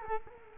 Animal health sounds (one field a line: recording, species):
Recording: mosquito wingbeat signal from an infrared sensor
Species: Culex quinquefasciatus